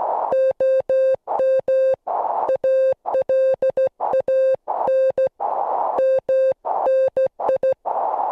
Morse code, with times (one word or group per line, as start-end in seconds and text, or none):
0.3-1.9 OM
2.5-5.3 ALAN
6.0-7.7 MNI